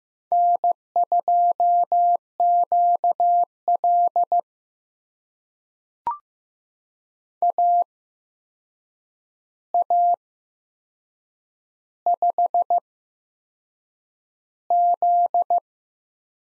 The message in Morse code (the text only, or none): N2QL AA5Z